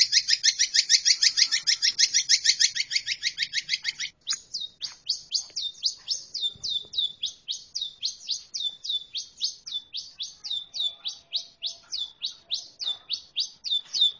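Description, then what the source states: Long-tailed shrike song beginning with a rapid buzzy trill for about four seconds, then a steady series of high downslurred whistles, about three per second. Champion bird.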